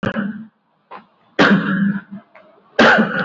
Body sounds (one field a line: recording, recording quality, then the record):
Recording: shallow voluntary cough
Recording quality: excellent, no background noise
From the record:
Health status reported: COVID-19 positive, mild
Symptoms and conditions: cough, cold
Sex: male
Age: 54 years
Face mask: worn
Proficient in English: yes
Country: India